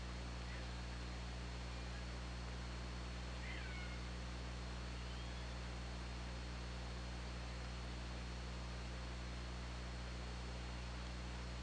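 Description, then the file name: Killer whale calls, a few faint upswept and curving tones heard through steady underwater hiss and a constant low hum, one stronger call in the first half. OrcaLab hydrophone, 24 August 2017. "Orca Lab 20170824 221320"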